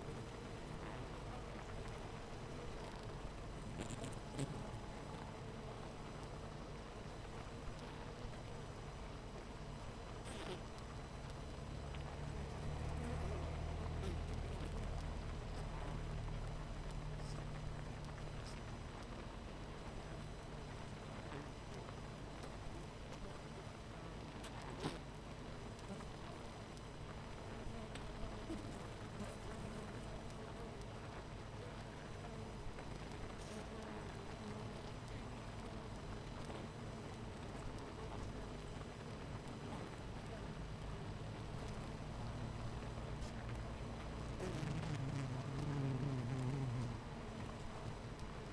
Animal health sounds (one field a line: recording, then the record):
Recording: honeybee colony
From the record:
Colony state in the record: missing queen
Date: 14 July 2017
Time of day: 8:53